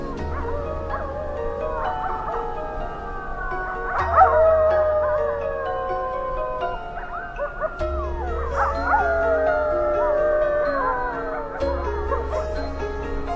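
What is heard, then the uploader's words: Wolves howl in long, overlapping gliding cries, some swelling near four and nine seconds, over a low droning tone that pulses in sections. Sound Of The Wolves. Music and Nature Sounds.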